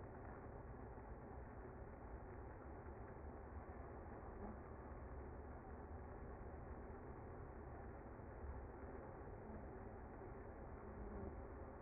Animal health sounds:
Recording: honeybee colony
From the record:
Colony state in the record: active

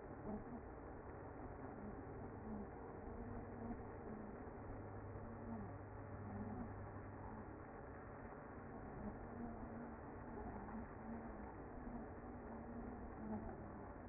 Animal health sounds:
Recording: honeybee colony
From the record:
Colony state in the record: active

